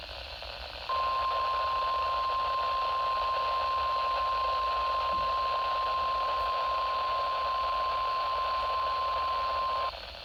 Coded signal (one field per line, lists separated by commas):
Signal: Emergency Alert System (SAME) tones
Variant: 1050 Hz attention tone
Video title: NOAA Weather Radios RWT (Eas #9)